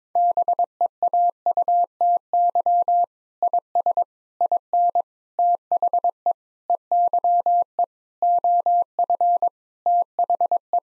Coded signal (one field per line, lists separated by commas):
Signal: Morse code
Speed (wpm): 22 wpm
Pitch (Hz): 700 Hz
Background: none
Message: BEAUTY IS IN THE EYE OF THE